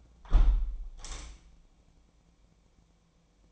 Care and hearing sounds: daily activity, microphone in the room; close window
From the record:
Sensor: 1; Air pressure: 1012.4 hPa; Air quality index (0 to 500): 167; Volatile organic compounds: 3 ppm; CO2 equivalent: 1361 ppm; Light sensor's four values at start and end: 138/309/138/146 and 150/337/149/158

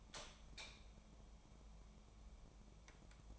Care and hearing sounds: daily activity, microphone in the room; light on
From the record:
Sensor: 1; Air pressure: 1000.1 hPa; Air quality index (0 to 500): 129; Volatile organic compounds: 2 ppm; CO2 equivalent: 1221 ppm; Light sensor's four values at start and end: 41/105/44/54 and 45/119/49/60

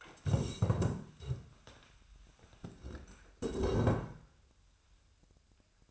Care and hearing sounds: daily activity, microphone in the room; stand up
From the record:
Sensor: 2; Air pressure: 1015.1 hPa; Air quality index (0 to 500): 132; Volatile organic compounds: 5 ppm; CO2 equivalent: 1704 ppm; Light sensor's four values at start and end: 12/33/13/14 and 11/26/11/11

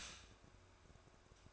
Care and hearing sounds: daily activity, microphone in the room; stop toaster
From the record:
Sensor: 2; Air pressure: 1004.1 hPa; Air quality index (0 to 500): 193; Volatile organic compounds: 11 ppm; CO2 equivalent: 2311 ppm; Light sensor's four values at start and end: 4/10/4/4 and 4/10/4/4

